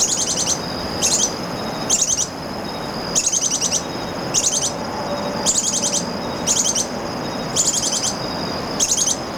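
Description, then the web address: Ash-browed spinetail giving brief, high, rattling bursts at uneven intervals against a constant high-pitched background hum. Recorded in Ecuador. "Birds of Ecuador. Ash-Browed Spinetail"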